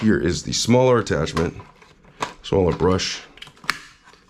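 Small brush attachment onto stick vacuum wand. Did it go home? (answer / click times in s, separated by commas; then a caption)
yes / 3.7 s. Someone talks while the smaller brush attachment is pushed onto the wand of a Dyson Outsize stick vacuum. A few faint ticks come just before a sharp, loud plastic click at 3.7 s as the brush snaps into place and seats.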